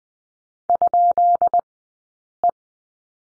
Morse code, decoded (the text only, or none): ?E